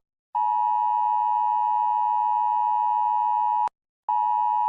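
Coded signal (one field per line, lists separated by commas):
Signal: Emergency Alert System (SAME) tones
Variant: 853 and 960 Hz attention tone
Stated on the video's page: Simulated EAS scenario.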